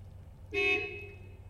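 A single car horn honk on a street in Cologne on a cold evening, a bright, buzzy tone lasting about half a second before trailing off, sounding over a low rumble of street noise.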